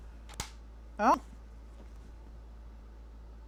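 A snap fastener is pressed closed through several layers of a paper and kraft-tex folio wrapper and pops shut with a single sharp snap at 0.4 s, confirming it seated through all the layers. Someone talks briefly right after, and faint low background hum continues to the end.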